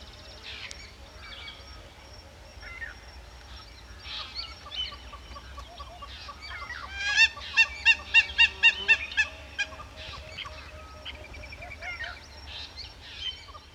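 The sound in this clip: Hamerkop calls: scattered nasal notes, then a run of several loud, evenly spaced yelps midway, then softer notes again.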